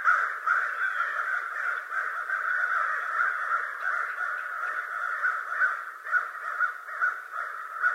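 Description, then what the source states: American crow caws, raspy and overlapping in a constant chorus, with several louder caws standing out toward the end. Recorded 25 November 2011.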